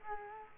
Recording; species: mosquito wingbeat signal from an infrared sensor; Culex quinquefasciatus